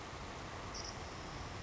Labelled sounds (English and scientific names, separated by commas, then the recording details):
Savannah Sparrow (Passerculus sandwichensis)
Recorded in Sonoma County, California